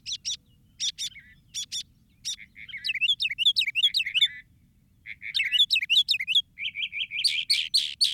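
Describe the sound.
Northern mockingbird song, a varied run of phrases: sharp repeated chips, then rapid rising and falling whistled notes, each phrase repeated several times before switching to buzzy chattering.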